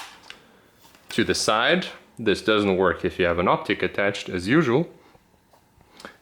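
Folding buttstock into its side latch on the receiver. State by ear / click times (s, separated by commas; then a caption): seated / 6.0 s. Someone talks while pressing a button and folding the buttstock of a Molot Vepr 1V-E rifle to the side, a fold that doesn't work with an optic attached. At 6.1 s a sharp metallic click is heard as the buttstock latches into its side latch on the receiver and locks in the folded position.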